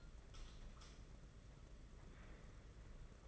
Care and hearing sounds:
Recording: daily activity, microphone in the room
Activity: light on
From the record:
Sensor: 4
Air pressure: 992.7 hPa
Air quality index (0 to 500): 168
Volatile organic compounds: 244 ppm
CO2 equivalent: 4344 ppm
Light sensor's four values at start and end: 4/8/3/3 and 4/10/4/4

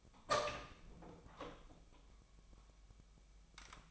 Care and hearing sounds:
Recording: daily activity, microphone in the room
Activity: open door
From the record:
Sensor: 1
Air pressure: 1007.1 hPa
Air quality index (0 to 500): 202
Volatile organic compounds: 21 ppm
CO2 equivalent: 2724 ppm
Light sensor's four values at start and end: 13/32/13/14 and 13/32/13/14

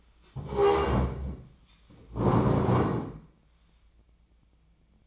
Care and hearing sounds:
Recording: daily activity, microphone in the room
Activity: stand up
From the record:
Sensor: 1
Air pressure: 1012.3 hPa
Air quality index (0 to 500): 171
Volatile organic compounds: 3 ppm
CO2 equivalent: 1406 ppm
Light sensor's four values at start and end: 46/125/51/62 and 47/125/51/63

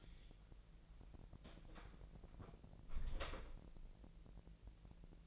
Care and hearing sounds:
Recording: daily activity, microphone in the room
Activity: close door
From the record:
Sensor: 5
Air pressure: 1001.5 hPa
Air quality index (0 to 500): 248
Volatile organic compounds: 34 ppm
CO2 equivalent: 3046 ppm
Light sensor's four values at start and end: 32/74/29/27 and 33/78/30/28

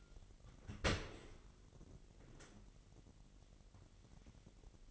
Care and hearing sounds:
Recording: daily activity, microphone in the room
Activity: open dishwasher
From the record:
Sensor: 4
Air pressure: 999.2 hPa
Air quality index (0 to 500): 120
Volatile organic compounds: 2 ppm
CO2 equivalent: 1182 ppm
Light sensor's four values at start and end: 8/19/8/8 and 8/20/8/8

